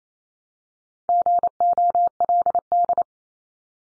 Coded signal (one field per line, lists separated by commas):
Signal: Morse code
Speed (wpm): 28 wpm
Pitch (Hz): 700 Hz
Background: none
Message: GOLD